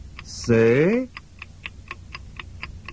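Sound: wristwatch ticking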